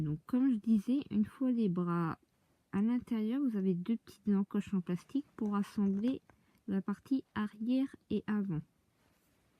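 Someone talks while handling the rear plastic body half of a small Aileen Doll Pico Dragon Pink Edition ball-jointed doll (dragon) against the front half, with the arms already inside, to be joined over two small plastic notches. Nothing has seated or clicked yet.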